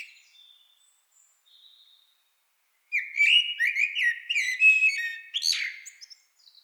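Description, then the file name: Common blackbird song: faint high notes at first, then a loud, mellow fluted phrase of about three seconds closing with a sharp squeaky twitter. "Turdus merula"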